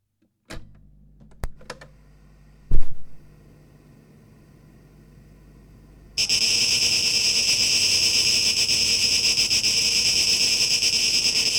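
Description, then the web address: Cicada song: a few scattered knocks and thumps over near-silence, then a loud, continuous high-pitched buzz starts abruptly after six seconds and holds steady to the end. Cicadas, tape mix and tape echo mix, 17 August 2023. "rauschpartikel 2023-08-17 Zikaden"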